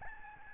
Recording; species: mosquito wingbeat signal from an infrared sensor; Aedes albopictus